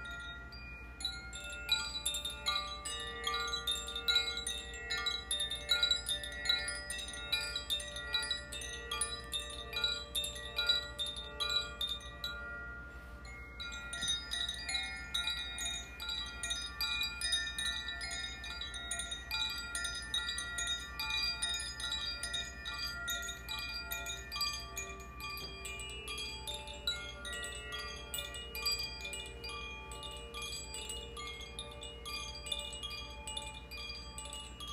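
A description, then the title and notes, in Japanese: Chimes ring in a dense, continuous shimmer of overlapping bright tones that seem to rise, with a brief thinning near thirteen seconds. 螺旋、上昇していく感じがするチャイムの演奏をしました。コシチャイム #ザフィアチャイム #倍音ヒーリング。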